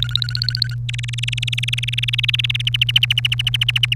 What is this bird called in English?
Domestic Canary